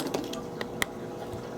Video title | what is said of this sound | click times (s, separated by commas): Offical iPhone 5s Screen / LCD Replacement Video & Instructions - iCracked.com | There, now it popped in, and then walk my | 0.8 s